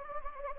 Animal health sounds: mosquito wingbeat signal from an infrared sensor; Anopheles gambiae

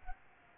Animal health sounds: mosquito wingbeat signal from an infrared sensor; Aedes albopictus

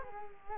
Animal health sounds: mosquito wingbeat signal from an infrared sensor; Culex quinquefasciatus

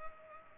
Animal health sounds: mosquito wingbeat signal from an infrared sensor; Culex pipiens

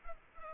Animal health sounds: mosquito wingbeat signal from an infrared sensor; Culex pipiens

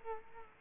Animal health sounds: mosquito wingbeat signal from an infrared sensor; Culex quinquefasciatus

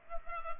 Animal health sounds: mosquito wingbeat signal from an infrared sensor; Culex pipiens

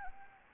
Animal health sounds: mosquito wingbeat signal from an infrared sensor; Anopheles gambiae

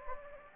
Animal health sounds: mosquito wingbeat signal from an infrared sensor; Anopheles gambiae

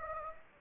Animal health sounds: mosquito wingbeat signal from an infrared sensor; Anopheles gambiae

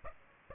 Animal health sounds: mosquito wingbeat signal from an infrared sensor; Aedes aegypti

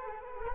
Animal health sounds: mosquito wingbeat signal from an infrared sensor; Anopheles arabiensis

